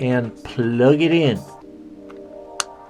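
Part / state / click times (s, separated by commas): camera cable plug into camera back connector / seated / 2.6 s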